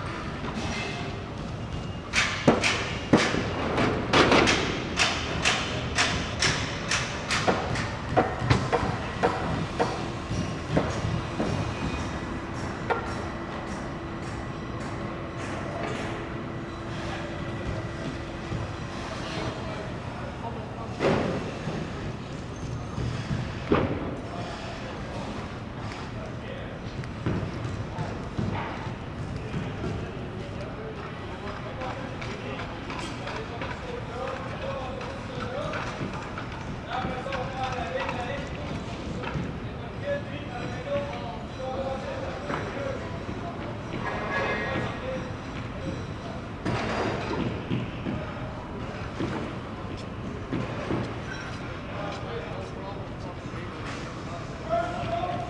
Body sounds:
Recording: background sound without coughing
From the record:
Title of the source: 30 MINUTES Construction Site Ambience (CC BY 4.0)

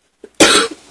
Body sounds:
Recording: coughing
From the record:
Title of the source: 64 coughing, allergies, singing lungs

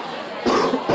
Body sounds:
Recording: coughing mixed with background sound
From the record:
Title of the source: Coughing 77

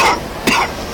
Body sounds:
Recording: coughing mixed with background sound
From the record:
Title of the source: Coughing 60

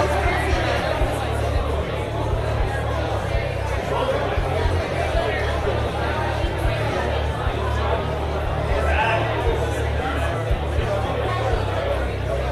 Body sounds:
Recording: background sound without coughing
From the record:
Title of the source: CITY SOUNDS Busy Bar in the Evening Night - 2 HOURS of Ambiance for Relaxation

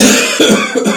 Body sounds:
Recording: coughing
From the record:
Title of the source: Spring Cold Coughing.

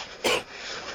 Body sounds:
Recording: coughing mixed with background sound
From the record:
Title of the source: 61 morning phlegmy cough...again

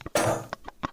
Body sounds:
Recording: coughing mixed with background sound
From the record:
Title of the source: Cough Around the Clock!

